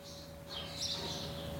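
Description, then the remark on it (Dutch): House sparrows chirp and twitter in a steady, high-pitched chatter at an organic dairy farm near Schipluiden, soft and continuous, over the low constant hum of a milking machine, with no voices. “De mussen zijn tevreden, de jonge spreeuwen zijn uitgevlogen.”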